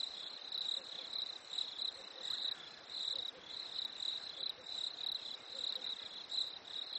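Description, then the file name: Cricket chirping: repeated high pulsed trills in a steady chorus, rising and falling in strength, over a light airy background. Nature ambience at a lake in winter. "smartsound. Fresh Winter Lake Crickets"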